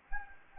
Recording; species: mosquito wingbeat signal from an infrared sensor; Anopheles gambiae